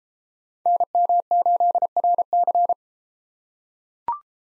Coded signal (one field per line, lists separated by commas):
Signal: Morse code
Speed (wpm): 31 wpm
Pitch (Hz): 700 Hz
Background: none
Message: NM8RC